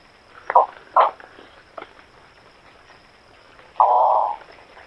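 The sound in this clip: Bird calls: two short harsh notes close together, a fainter note, then a longer, drawn-out raspy call near the end.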